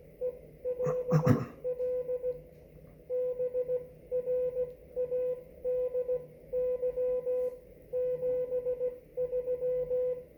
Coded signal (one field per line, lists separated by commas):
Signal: Morse code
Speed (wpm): 16 wpm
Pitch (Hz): 500 Hz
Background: none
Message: ELL BRADY 73